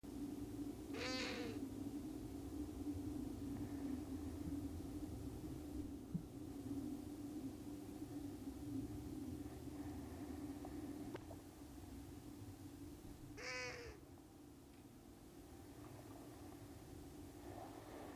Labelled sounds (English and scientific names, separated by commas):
Long-eared Owl (Asio otus)